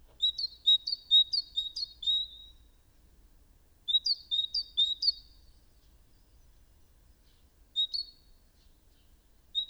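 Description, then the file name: Great tit song: two bursts of several quick, bright two-note phrases separated by a pause, then shorter fragments near the end. "Parus major"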